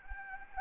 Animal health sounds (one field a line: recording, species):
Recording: mosquito wingbeat signal from an infrared sensor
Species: Anopheles gambiae